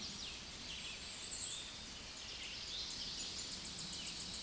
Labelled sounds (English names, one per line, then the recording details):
Tennessee Warbler song
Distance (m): 50 m
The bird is about 15 m above the microphone
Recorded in a Pennsylvania forest on 16 May 2024 at 08:56
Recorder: AudioMoth, point MSD-2155
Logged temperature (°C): 15.6 °C
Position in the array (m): 30 m, 151 m